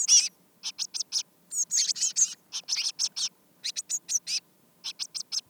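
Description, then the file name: Eurasian blue tit calls: high, clipped scolding notes repeated rapidly in short rows, with a slurred chatter near the start and brief pauses between bursts. "Cyanistes caeruleus"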